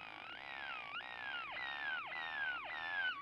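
Great-tailed grackle whistled calls: sliding whistles falling then dipping sharply, repeated about every half second in a steady series.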